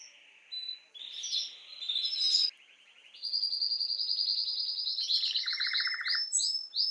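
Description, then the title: Canary song, softer at first, then a long high rapid trill held several seconds with a lower buzzy roll underneath and short repeated notes at the end. Belgian canary male named Raiden singing a lot; meant to warm up young birds. "Esquente Seu Filhote E Canario Belga Macho Cantando Muito. Canrio Belga RAIDEN Cantando Muito - Esquente seu Canrio Belga"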